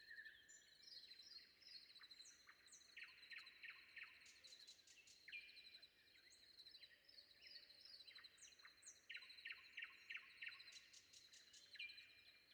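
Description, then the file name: Common nightingale song with repeated sharp chips and fast rattles, several phrases in succession, against a dense chorus of other songbirds and a steady high tone. Recorded before dawn. "predawn nightingale"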